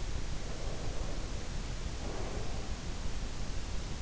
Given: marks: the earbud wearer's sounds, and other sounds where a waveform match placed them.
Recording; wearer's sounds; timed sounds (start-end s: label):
sounds in sleep by an in-ear microphone; breath
0.31-3.02 s: breath